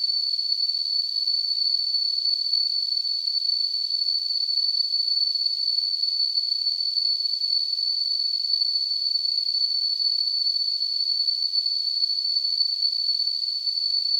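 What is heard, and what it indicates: A steady, piercing high-pitched tone rides on a band of soft hiss, unchanging for about 14 seconds with no low sounds. It is a simulated tinnitus sound, the constant ringing and hissing a person with tinnitus hears.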